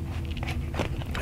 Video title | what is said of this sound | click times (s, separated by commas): A quick look at some Pen Cases | you let the cover fold down it snaps in place | 1.1 s